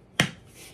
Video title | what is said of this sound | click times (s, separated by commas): Fab Fit Fun Fall 2024 | it snaps into place there and then you would unsnap it | 0.2 s